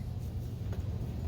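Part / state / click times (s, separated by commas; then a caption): lamp module handle latching into lamp housing / not seated / none. A lamp module handle is being handled against the lamp housing, where pushing it down past a detent will latch the lamp's electrical connector in place. Only a steady low rumble with a brief faint rise near 0.7 s is heard. Nothing has seated or clicked yet.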